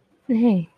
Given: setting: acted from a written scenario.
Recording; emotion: vocal sound without words; romantic love